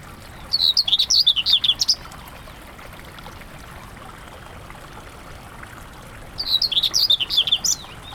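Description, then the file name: Common whitethroat singing brief, hurried scratchy warbles, one phrase near the start and another about six seconds later, with quiet steady hiss between. "whitethroat-common -Sylvia-communis"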